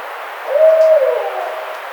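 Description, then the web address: Barred owl hoot: one smooth, drawn-out note, rising slightly and then holding level before trailing off, over a steady background hiss. Recorded 30 April 2009. "Barred Owl 2009 04 30 Barred Owl"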